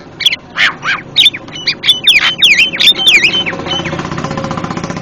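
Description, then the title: Javan myna giving an irregular string of harsh squawks and twisting chattered notes, ending in a broad hiss of noise. Very noisy calling, a master sound used for training cage birds. "Jalak Kebo Master Suara Super Berisik Buat Masteran"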